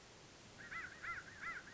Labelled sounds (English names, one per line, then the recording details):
American Crow
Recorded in Sonoma County, California